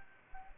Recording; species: mosquito wingbeat signal from an infrared sensor; Anopheles arabiensis